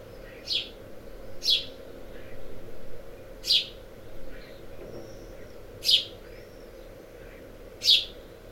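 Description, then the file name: House sparrow chirping: short, bright single notes at irregular intervals, about five loud ones and a few fainter ones, over a steady low background rumble. "Passer domesticus"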